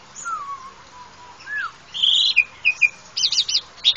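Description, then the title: Oriental magpie-robin giving a low slurred whistle, then a burst of higher chattering notes and a quick repeated trilled phrase near the end. "Kicau Kacer"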